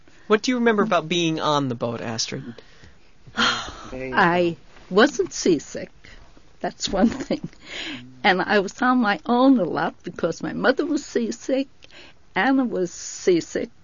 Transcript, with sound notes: What do you remember about being on the boat, Astrid?
I wasn't seasick. That's one thing. ( she laughs ) And I was on my own a lot because my mother was seasick, Anna was seasick.